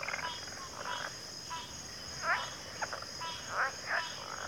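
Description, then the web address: Cricket chorus as a continuous high-pitched ringing drone, with scattered frog croaks and a few sharper chirps rising above it. Chorus of crickets at a backwater. "WLL Grade 1-12 Pre-Uni Library Natures Songs Sleep Sounds of Nature CRICKETS Backwater Chorus"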